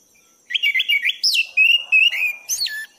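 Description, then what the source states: Thrush song: a fluent phrase of rolling mid-pitched whistles, a rising swoop and trills, ending in a falling note. Masteran (tutor) recording for training cage birds; song in the gacor teler style.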